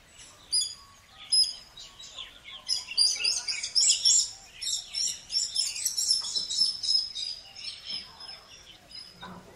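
Bird song, varied high twittering and warbled phrases in quick uneven bursts, loudest in the middle and fading near the end.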